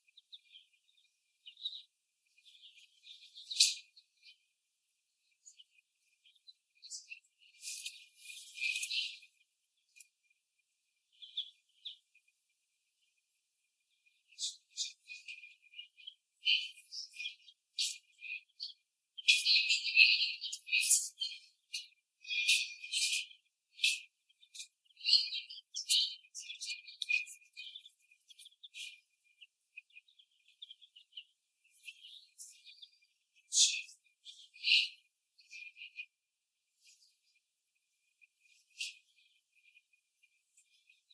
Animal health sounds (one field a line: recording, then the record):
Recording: young laying hens in a cage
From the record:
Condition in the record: before the stressor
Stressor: simulated dog barking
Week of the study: 1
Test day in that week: 1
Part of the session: 4